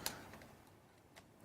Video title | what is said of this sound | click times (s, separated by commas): ASUS VivoTab RT First Look and Hands On - PC Perspective | and you push it in till it clicks in place you'll feel actually a little vibration | 0.1 s